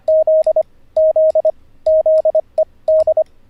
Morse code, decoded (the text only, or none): Z Z ZED